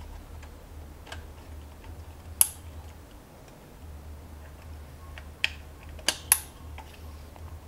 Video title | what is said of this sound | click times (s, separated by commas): Guide to Building an Intel PC 2012 | so once they're all locked into place should be snug we can now plug in the | 2.4 s, 5.4 s, 6.1 s, 6.3 s